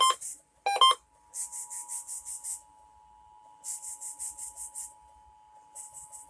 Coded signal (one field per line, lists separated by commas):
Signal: Emergency Alert System (SAME) tones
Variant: 853 and 960 Hz attention tone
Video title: INSERT GIANT OBNOXIOUS TEXT HERE. Broadcast Radio EAS: Required Monthly Test (EAS #1,261 - 1,266)